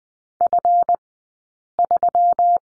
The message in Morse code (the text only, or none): F3